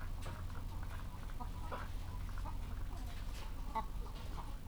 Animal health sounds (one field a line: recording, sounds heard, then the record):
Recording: poultry house recording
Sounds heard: sick chickens (respiratory disease)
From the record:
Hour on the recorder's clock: 14